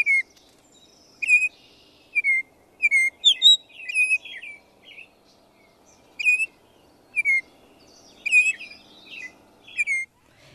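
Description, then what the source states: Baltimore Oriole singing rich, flute-like whistles in broken phrases, some notes slurred downward, with uneven pauses between groups. Flute-like, disjointed series of notes, rendered as 'here', 'come right here' or 'deer'; varies considerably between individuals; a common bird worth learning to recognise.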